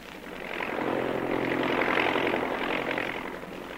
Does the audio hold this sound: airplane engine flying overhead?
yes